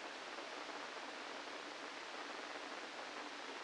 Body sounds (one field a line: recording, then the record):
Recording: brain microelectrode recording played as sound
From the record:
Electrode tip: inside the subthalamic nucleus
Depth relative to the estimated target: -2 mm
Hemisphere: right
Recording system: NeuroSet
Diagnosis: Parkinson's disease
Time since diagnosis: 8 years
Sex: male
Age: 65 years